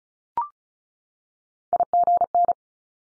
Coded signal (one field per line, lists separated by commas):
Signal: Morse code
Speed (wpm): 36 wpm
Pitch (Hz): 700 Hz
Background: none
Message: IGN